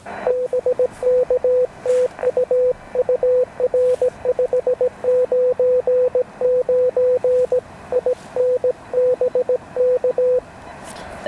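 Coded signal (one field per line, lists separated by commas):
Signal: Morse code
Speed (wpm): 17 wpm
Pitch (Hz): 500 Hz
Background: none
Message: BK TU UR 599 IN BK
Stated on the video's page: QRP park activation on an Elecraft KX1 keyed with a TP-III paddle, using an end-fed random wire antenna and battery power, in 28° weather.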